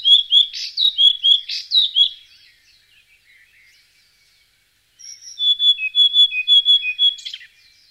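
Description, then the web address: Flycatcher calls in two bursts of sharp, high chirps and thin whistled notes, quick and uneven, with softer notes and a short pause between them. "muholovka"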